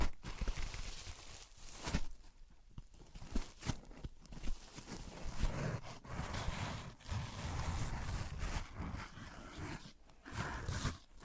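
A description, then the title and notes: Rubbing and scraping of materials against one another, a dense, rough, grinding texture with a growl-like low rumble underneath. It comes in long bursts broken by brief pauses near 2, 4.5, 7 and 10 seconds, with occasional sharper knocks. ASMR Which One is MORE Tingly Wood vs Cork, Sponge vs Foam, Glass vs Plastic etc (No Talking).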